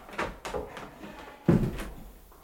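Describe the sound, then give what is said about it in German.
A pantry door is handled: a few light wooden knocks and rattles, then a heavier thud as it shuts, followed by a brief softer scrape. “Da war doch vorhin so eine Tür.”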